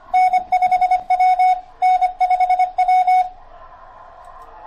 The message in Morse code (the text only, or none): N5W N5W